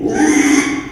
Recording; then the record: squeal of a Yucatan mini pig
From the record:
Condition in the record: after surgery on the right vocal fold (resection and tissue-engineered implant); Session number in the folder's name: 3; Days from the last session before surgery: 33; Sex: male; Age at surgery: 12 weeks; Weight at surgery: 13 kg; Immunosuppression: cyclosporine, prednisolone